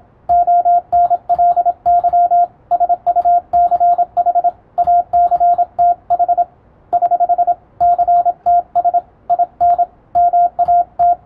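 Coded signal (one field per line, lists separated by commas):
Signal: Morse code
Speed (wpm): 27 wpm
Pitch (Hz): 700 Hz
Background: radio noise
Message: ONLY SUCH ACTH <HH> CTS IN MAT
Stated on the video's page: Morse reception practice for radiotelegraph operators, copied by typing; Morse formerly used between ships and coast stations.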